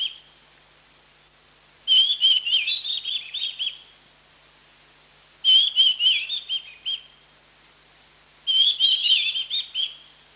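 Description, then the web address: Mountain wren-babbler uttering three bursts of high, fast, tumbling notes with quiet gaps between. Recorded 1 March 2008. "KNPHQ. mountain wren-babbler"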